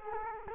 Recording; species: mosquito wingbeat signal from an infrared sensor; Culex quinquefasciatus